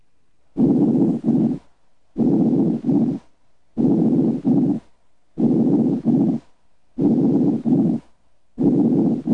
Diminished breath sounds, pleural effusion. This intrapleural fluid impairs the transmission of normal breath sounds because of acoustical mismatch breath sounds are diminished or absent over a pleural effusion.